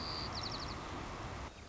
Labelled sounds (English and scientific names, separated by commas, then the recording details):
White-crowned Sparrow (Zonotrichia leucophrys)
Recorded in Sonoma County, California